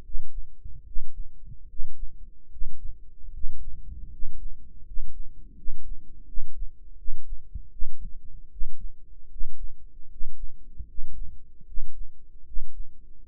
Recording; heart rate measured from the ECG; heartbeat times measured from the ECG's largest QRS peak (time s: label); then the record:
heart sounds by microphone in the right ear; 77 bpm
0.02 s: heartbeat
0.84 s: heartbeat
1.67 s: heartbeat
2.49 s: heartbeat
3.31 s: heartbeat
4.10 s: heartbeat
4.84 s: heartbeat
5.55 s: heartbeat
6.25 s: heartbeat
6.96 s: heartbeat
7.70 s: heartbeat
8.49 s: heartbeat
9.29 s: heartbeat
10.08 s: heartbeat
10.86 s: heartbeat
11.65 s: heartbeat
12.44 s: heartbeat
13.22 s: heartbeat
From the record:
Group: healthy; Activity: rest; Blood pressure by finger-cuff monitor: 120/77 mmHg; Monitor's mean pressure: 87 mmHg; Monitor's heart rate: 76 bpm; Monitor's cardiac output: 6.1 L/min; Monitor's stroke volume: 79 mL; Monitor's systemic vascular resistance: 1020 dyn s/cm5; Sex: male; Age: 35 years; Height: 180 cm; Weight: 86.9 kg